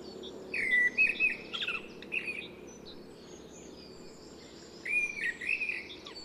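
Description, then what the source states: Mistle thrush song: short fluting phrases of clear whistled notes around mid-high pitch, one phrase early and another after a pause, with thin high notes above. Recorded 29 February 2008.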